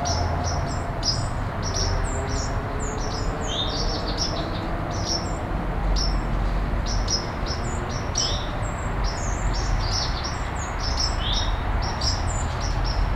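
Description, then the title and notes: Towhee calling: a rapid, busy series of sharp high chips and slurred notes, repeated almost continuously, over constant low-pitched background noise. Recorded at home. "towhee-at-home by Christie Mullen"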